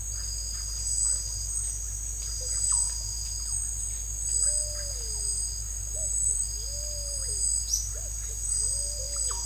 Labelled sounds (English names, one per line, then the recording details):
Russet-backed Oropendola
Pale-vented Pigeon
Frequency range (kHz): Russet-backed Oropendola 0.3-3.4 kHz; Pale-vented Pigeon 0.2-1.3 kHz
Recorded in secondary vegetation near Puerto Asís, Putumayo, Colombia, on 20 December 2024 at 17:30
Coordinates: 0.499, -76.323
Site G010